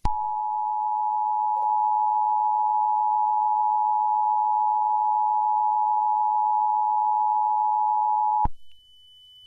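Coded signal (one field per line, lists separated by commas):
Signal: Emergency Alert System (SAME) tones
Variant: 853 and 960 Hz attention tone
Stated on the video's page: Fictional scenario.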